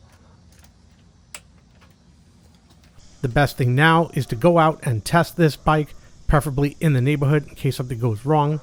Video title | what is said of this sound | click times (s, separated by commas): Trek Domane General Cleaning and Oiling | tighten the bolt down with the torque wrench until it clicks. | 1.3 s